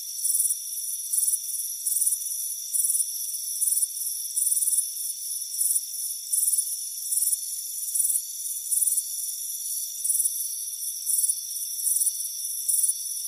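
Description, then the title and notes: Cricket chirps come as repeated high trilled pulses over a continuous faint insect drone. Chirping on a warm afternoon by a front porch. "Soothing Crickets Chirping Sound. It's a warm afternoon as you relax in a hammock on the front porch. Deep Sleep Sounds"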